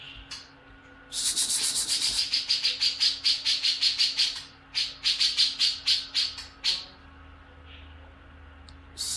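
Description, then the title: Grey-cheeked bulbul producing a fast series of dry, rasping notes with a brief pause partway, then near quiet, all over a steady low hum. "Cucak Jenggot"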